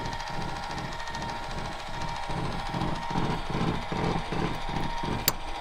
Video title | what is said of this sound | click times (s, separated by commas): Life on the road, Tips & Tricks The easiest caravan tow hitch | You can tell when it's fully locked, it snaps back into place. You can hear it, you can see it, that it's not sitting up on the pillar at all at the bottom, and now it's fully connected. | 5.3 s